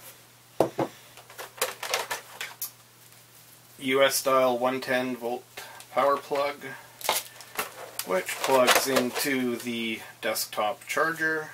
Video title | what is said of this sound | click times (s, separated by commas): Wouxun KG-UV8D Amateur Ham Radio Unboxing and Demo | attaching the battery onto the radio is quite simple onto the back and it clicks into place | 0.6 s